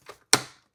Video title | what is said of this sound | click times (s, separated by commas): X-MAXX - Upper Bulkhead Replacement & UPGRADES | just like that see how it's snapped right in | 0.3 s